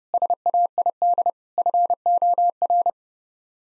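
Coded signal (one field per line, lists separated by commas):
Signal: Morse code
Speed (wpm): 30 wpm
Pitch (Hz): 700 Hz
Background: none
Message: SAID FOR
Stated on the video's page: Morse head-copy drill of seven-word common phrases at 30 wpm, each set sent, spoken, then sent again.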